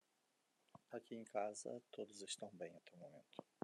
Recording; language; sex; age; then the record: spoken sentence; Brazilian Portuguese; male; 50 to 59 years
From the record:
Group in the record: control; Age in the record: 56 years